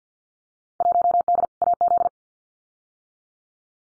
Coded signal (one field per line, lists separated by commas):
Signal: Morse code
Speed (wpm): 50 wpm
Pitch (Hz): 700 Hz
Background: none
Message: 1D AZ